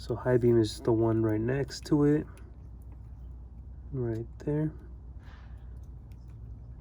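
Someone talks while handling the red-with-yellow-stripe high beam wire plug by the plastic headlight harness connector, wiring Alpha Rex headlights on a G35 coupe getting a G37 IPL front end. Only faint, quiet handling ticks are heard under low background hum. The plug has not seated or clicked into the connector yet.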